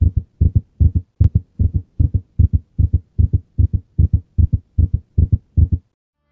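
Fast, steady, low thumping heartbeat at about 150 beats a minute, with each beat made of two or three closely spaced sounds. An example of cardiac arrhythmia, an abnormal heart rhythm; here the rate is rapid while the beats stay fairly even.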